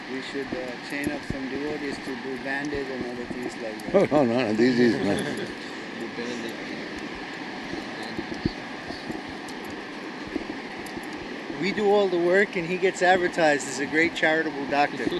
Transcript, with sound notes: we should train up some devotees to do bandage and other things like that.
[laughs] No, no, this is not.
We do all the work, and he gets advertised as a great charitable doctor.